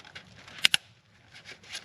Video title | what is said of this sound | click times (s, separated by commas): Audi A4 Fuel pump cam follower tappet replacement 2005-08 B7 VW 2.0 Turbo FSI Audi series #3 Ep. #23 | again you should hear the audible clicks | 0.6 s, 0.7 s